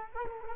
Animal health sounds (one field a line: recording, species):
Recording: mosquito wingbeat signal from an infrared sensor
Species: Culex quinquefasciatus